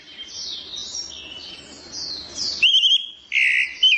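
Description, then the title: Orange-headed thrush song with bright whistled phrases near the end, after a stretch of high, continuous twittering chatter. Singing in the Indonesian songbird-keeping style called gacor teler, meaning nonstop, intense song; described as a champion songbird. "Suara Burung Anis Merah Gacor Teler Doyorng Juara"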